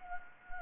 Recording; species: mosquito wingbeat signal from an infrared sensor; Anopheles gambiae